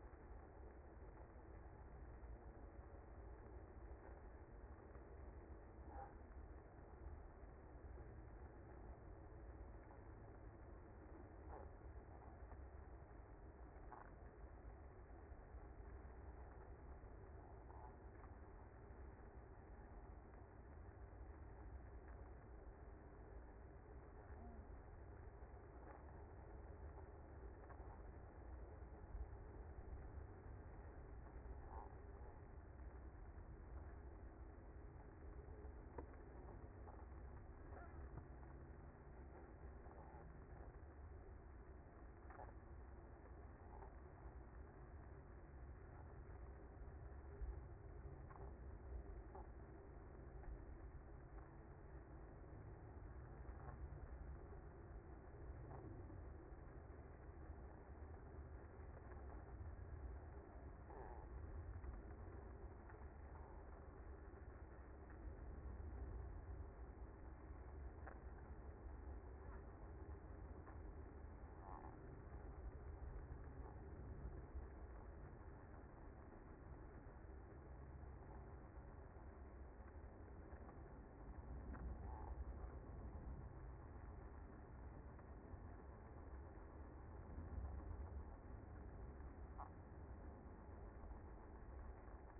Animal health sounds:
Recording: honeybee colony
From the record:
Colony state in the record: active

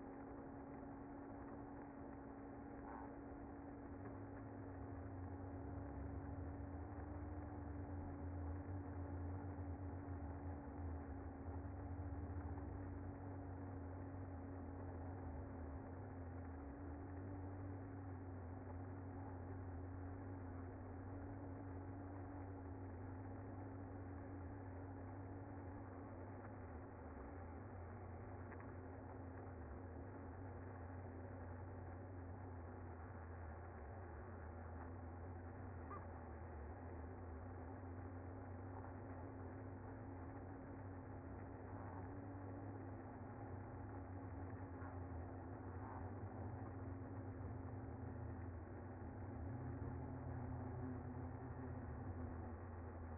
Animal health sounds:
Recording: honeybee colony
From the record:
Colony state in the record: active

